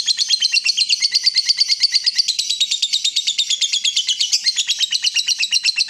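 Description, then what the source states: Yellow-vented bulbul calling in a rapid, sustained series of high, buzzy chirps with no gaps. Used as a bird lure (pikat).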